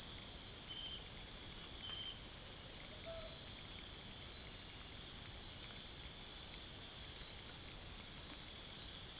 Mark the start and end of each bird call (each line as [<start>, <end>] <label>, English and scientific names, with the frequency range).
[2.34, 3.36] Tropical Screech-Owl (Megascops choliba) (0.2-1.7 kHz)